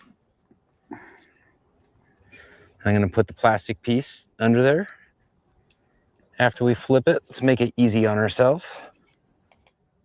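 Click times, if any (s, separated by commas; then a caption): 9.5 s, 9.7 s. A plastic piece is pushed into place on the underside of a flipped-over RC plane while someone talks. After the talking stops, two quick ticks at 9.5 and 9.7 seconds mark the piece snapping in and seating.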